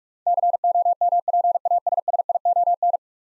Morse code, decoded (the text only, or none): COMPASSION